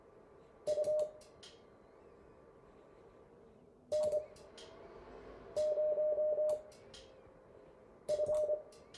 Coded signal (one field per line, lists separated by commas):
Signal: Morse code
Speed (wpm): 25 wpm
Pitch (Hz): 600 Hz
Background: none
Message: U N0F